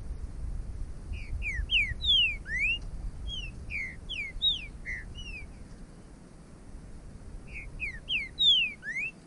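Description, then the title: Bird song: phrases of sweet whistled notes, falling and upward-slurred, repeated with a long pause midway, over a low background rumble. "burung"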